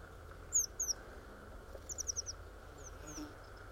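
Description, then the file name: Eurasian blue tit with a pair of high slurred notes followed by a quick series of five thin descending notes, over soft steady background noise. "Cyanistes caeruleus"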